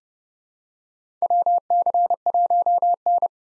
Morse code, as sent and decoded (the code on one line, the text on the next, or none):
.-- -.-. .---- -.
WC1N